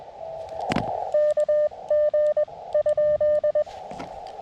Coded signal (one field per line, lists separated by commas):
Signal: Morse code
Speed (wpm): 20 wpm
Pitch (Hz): 600 Hz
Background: none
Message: KG ?